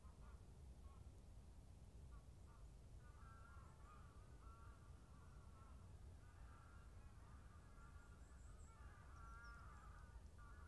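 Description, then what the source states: Goose: faint nasal honking from geese in bursts throughout, over a constant low rumble. Geese at Bonaly Country Park.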